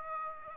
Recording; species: mosquito wingbeat signal from an infrared sensor; Aedes aegypti